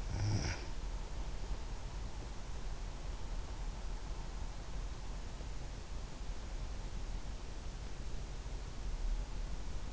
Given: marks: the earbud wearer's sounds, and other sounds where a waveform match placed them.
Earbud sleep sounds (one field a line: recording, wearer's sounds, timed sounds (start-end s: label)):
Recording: sounds in sleep by an in-ear microphone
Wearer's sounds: snoring breath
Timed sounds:
0.00-0.71 s: snoring breath